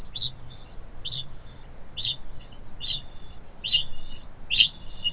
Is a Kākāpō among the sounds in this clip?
yes